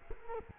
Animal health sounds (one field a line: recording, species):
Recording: mosquito wingbeat signal from an infrared sensor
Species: Culex quinquefasciatus